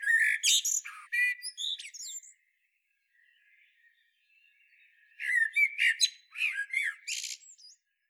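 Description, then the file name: Common blackbird singing two warbling phrases several seconds apart, each mixing mellow fluty notes with thin high squeaks and twitters. "Turdus merula"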